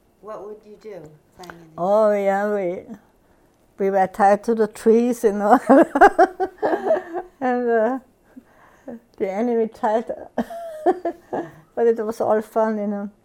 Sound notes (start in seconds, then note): 5.5 she laughs; 10.3 she laughs